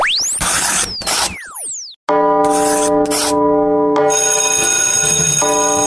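Rattling, clattering bursts with swooping whistle-like tones, then a loud bell rings steadily with a bright, buzzy, overtone-rich tone for about four seconds. No one speaks.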